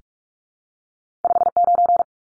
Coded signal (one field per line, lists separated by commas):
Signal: Morse code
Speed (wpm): 44 wpm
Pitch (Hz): 700 Hz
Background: none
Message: 59